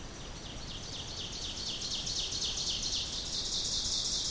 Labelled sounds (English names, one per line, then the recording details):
Ovenbird song
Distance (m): 60 m
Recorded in boreal forest in Alberta, Canada, on 2 June 2016 at 07:11
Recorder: SongMeter 3, array SBT-3-7
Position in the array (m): 278 m, 34 m
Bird 10